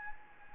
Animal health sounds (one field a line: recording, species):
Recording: mosquito wingbeat signal from an infrared sensor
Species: Anopheles gambiae